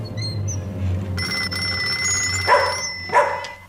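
A telephone bell starts ringing partway through at night, a steady high-pitched ring that holds to the end, while a dog barks twice over it and a low hum runs underneath.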